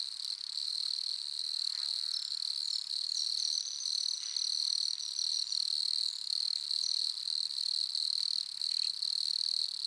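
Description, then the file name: Wood cricket song, a steady purring trill held without a break throughout, with a faint high thin sound briefly midway. "grillon des bois nemobius sylvestris. naturophonia"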